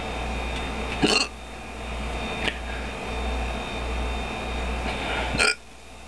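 Three sharp, abrupt hiccups from an adult in about six seconds, over a steady low background hum.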